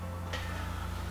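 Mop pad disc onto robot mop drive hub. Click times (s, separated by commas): 0.3 s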